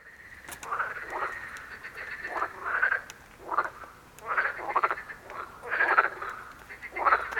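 Frog giving pulsed, rattling croaks in bursts about once a second.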